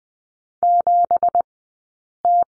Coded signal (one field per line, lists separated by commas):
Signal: Morse code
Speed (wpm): 20 wpm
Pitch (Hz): 700 Hz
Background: none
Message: 7T